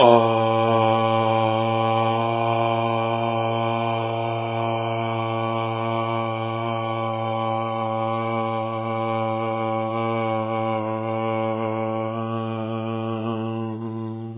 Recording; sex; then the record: sustained vowel /a/; male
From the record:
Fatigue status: no fatigue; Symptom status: symptomatic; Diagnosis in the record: COVID-19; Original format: 3gp